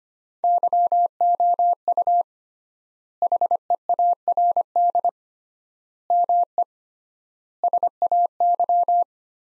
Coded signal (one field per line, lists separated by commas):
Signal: Morse code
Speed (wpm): 25 wpm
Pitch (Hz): 700 Hz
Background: none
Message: YOU HEARD ME SAY